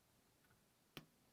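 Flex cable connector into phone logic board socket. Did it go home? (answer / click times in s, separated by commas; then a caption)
yes / 1.0 s. A tiny flex cable connector is pressed down onto its socket on a phone logic board. A single sharp, broadband click sounds at 0.97 s over a quiet background, and the connector is seated.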